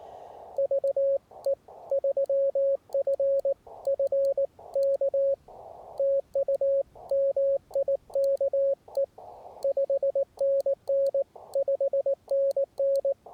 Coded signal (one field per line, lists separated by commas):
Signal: Morse code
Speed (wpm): 19 wpm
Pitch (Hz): 550 Hz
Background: radio noise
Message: VE3FFK TU MIKE 5NN 5NN